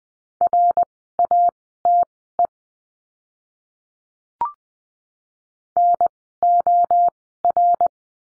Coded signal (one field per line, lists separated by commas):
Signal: Morse code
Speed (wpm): 20 wpm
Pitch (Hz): 700 Hz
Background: none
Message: RATE NOR